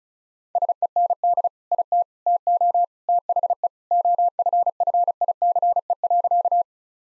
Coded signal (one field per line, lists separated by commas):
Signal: Morse code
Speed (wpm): 36 wpm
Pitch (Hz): 700 Hz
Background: none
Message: SEND IT TO THE OFFICE.